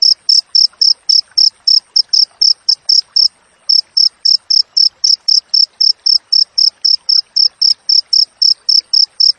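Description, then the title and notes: Cricket sounding high, rapid chirps at an even pace, with one brief gap partway through. Wild cricket sound with clear, closely spaced chirps, for training songbirds and for repelling rats. "Masteran Jangkrik Alam Jernih, Jeda Rapat Cocok Untuk Masteran Burung Dan Mengusir Tikus. suara jangkrik"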